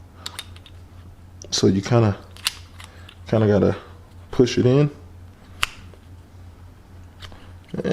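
A plastic Rennline phone mount bracket is pushed into the dashboard trim slot of a BMW while someone talks, with short scraping taps and sharp plastic knocks between the words. The bracket does not go in because the fit is too tight, so nothing has seated or clicked yet.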